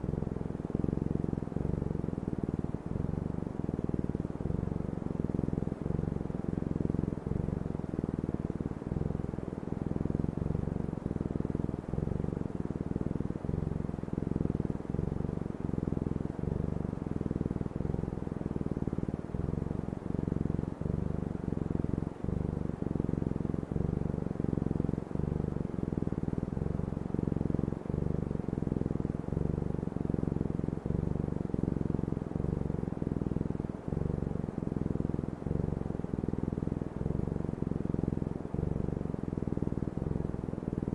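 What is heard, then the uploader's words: A cat purrs steadily, a deep, rumbling drone with a fast regular flutter that continues without pause for the whole stretch. A soft, even hiss sits underneath, and the level stays constant throughout. Cat Purring Sounds with Gentle White Noise.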